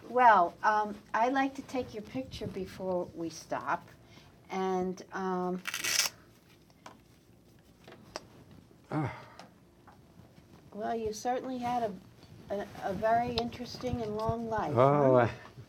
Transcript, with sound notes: Well, I'd like to take your picture before we stop and - [pause] - well you certainly had a very interesting and long life.